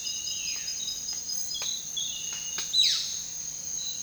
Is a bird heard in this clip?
yes